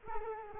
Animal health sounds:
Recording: mosquito wingbeat signal from an infrared sensor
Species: Culex quinquefasciatus

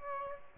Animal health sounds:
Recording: mosquito wingbeat signal from an infrared sensor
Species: Aedes aegypti

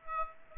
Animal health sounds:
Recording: mosquito wingbeat signal from an infrared sensor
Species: Aedes aegypti

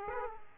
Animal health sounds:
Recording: mosquito wingbeat signal from an infrared sensor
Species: Aedes aegypti

